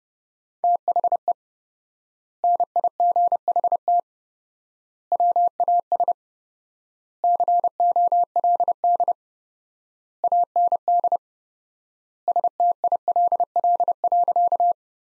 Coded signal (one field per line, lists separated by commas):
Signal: Morse code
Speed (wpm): 30 wpm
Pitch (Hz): 700 Hz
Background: none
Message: THE NIGHT WAS COLD AND STILL.